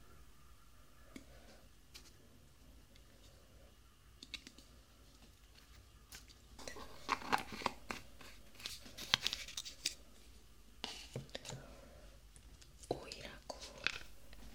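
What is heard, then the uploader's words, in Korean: Ear cleaning sounds: sparse soft clicks, then from about seven seconds denser scratching, rustling and squishy taps. 상처받은 귀청소 ASMR.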